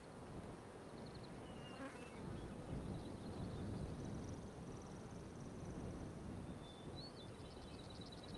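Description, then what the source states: Fly buzzing over a low rumble, with light bird chirps and faint high rhythmic pulses. Outdoor ambience with loud flies, light birdsong, crickets and wind.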